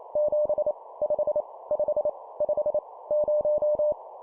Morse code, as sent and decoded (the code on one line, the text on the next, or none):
--... / ..... / ..... / ..... / -----
7 5 5 5 0